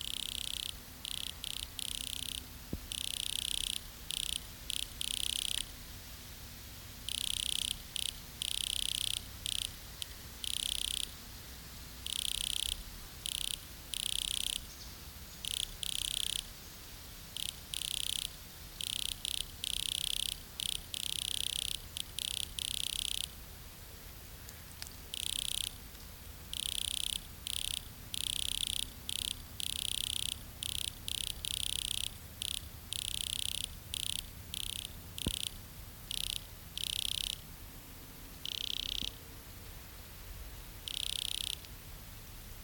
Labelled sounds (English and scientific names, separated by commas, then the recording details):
Wood Cricket (Nemobius sylvestris) stridulation
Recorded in the wild
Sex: male
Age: imago
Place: Treuchtlingen, Naturpark Altmühltal, Bayern, DE
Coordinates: 48.96, 10.91
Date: 1993-09-22 10:44
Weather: diesig bis heiter
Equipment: Marantz CP 430, Sennheiser MKH 416 T, Kopie Uher Variocord 263
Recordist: Tembrock, Günter